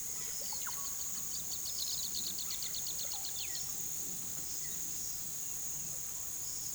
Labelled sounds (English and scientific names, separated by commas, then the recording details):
Bright-rumped Attila (Attila spadiceus), Russet-backed Oropendola (Psarocolius angustifrons), unidentified bird
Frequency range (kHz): Bright-rumped Attila (Attila spadiceus) 1.6-2.6 kHz; unidentified bird 2.1-5.4 kHz
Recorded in pastures near Puerto Asís, Putumayo, Colombia, on 19 February 2024 at 17:30
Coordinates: 0.466, -76.323
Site G6384